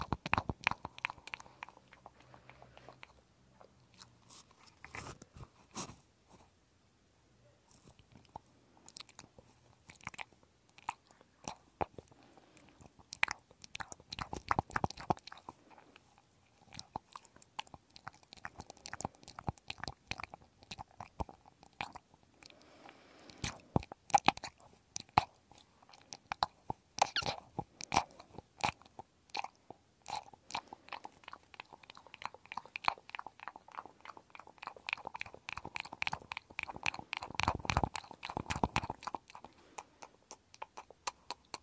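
Dense crackling and scratching from ear cleaning, with rapid irregular clicks and crunches, pausing briefly around five and fourteen seconds.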